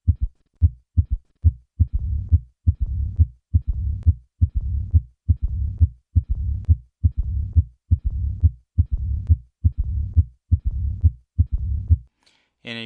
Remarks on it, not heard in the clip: Causing a rumbling diastolic murmur, the so-called Austin-Flint murmur. This murmur is heard best at the apex and has many qualities of the murmur of mitral stenosis. However, it is introduced by a third heart sound rather than an opening snap, and the first heart sound is normal or diminished. I will begin with normal heart sounds and then add the third heart sound and finally the diastolic murmur.